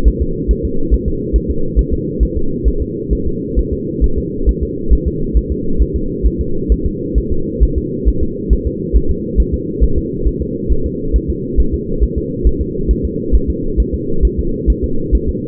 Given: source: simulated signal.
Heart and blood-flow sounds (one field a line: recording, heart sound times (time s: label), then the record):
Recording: fetal heart sounds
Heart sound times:
0.08 s: S1
0.22 s: S2
0.51 s: S1
0.65 s: S2
0.94 s: S1
1.08 s: S2
1.36 s: S1
1.51 s: S2
1.79 s: S1
1.94 s: S2
2.23 s: S1
2.37 s: S2
2.68 s: S1
2.82 s: S2
3.13 s: S1
3.27 s: S2
3.59 s: S1
3.73 s: S2
4.04 s: S1
4.19 s: S2
4.49 s: S1
4.63 s: S2
4.93 s: S1
5.08 s: S2
5.37 s: S1
5.52 s: S2
5.82 s: S1
5.96 s: S2
6.27 s: S1
6.41 s: S2
6.72 s: S1
6.86 s: S2
7.18 s: S1
7.32 s: S2
7.63 s: S1
7.78 s: S2
8.08 s: S1
8.23 s: S2
8.53 s: S1
8.67 s: S2
8.96 s: S1
9.11 s: S2
9.40 s: S1
9.54 s: S2
9.84 s: S1
9.98 s: S2
10.28 s: S1
10.42 s: S2
10.72 s: S1
10.86 s: S2
11.16 s: S1
11.30 s: S2
11.60 s: S1
11.74 s: S2
12.04 s: S1
12.18 s: S2
12.47 s: S1
12.62 s: S2
12.91 s: S1
13.05 s: S2
13.35 s: S1
13.50 s: S2
13.80 s: S1
13.95 s: S2
14.25 s: S1
14.39 s: S2
14.70 s: S1
14.84 s: S2
15.15 s: S1
15.29 s: S2
From the record:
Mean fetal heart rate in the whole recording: 135 bpm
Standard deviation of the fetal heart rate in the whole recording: 3 bpm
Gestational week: 34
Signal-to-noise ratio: -8.1 dB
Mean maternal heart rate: 72 bpm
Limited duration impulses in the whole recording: absent